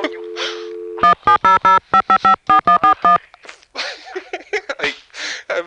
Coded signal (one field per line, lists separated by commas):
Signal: DTMF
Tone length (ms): 110 ms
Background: music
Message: 17005554141